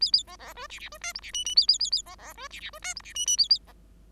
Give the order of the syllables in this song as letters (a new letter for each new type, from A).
A A B B C D D C E F D G G A A A A B B C D D C E F D G G A A B